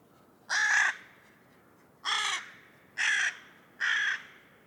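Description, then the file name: Carrion crow giving four harsh, hoarse caws, each under half a second, spaced irregularly over about four seconds, with no other clear sounds. "Corvus corone"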